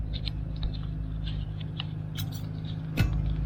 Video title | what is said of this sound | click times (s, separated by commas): Check conventional metal windshield wiper-assembly, & replace with beam Tridon Flexblade | Đấy. Có tiếng tách khi nó bắt vào. Vậy là xong. | 0.3 s, 0.6 s, 1.8 s